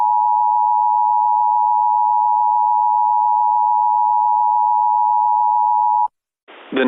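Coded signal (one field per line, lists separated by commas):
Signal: Emergency Alert System (SAME) tones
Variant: 853 and 960 Hz attention tone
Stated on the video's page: Template emergency alert for a severe thunderstorm warning, not a real broadcast.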